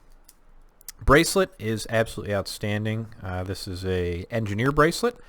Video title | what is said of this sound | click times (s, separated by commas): Phoibos Wave Master PY009C | logo obviously in there and then that that snaps closed bracelet | 0.9 s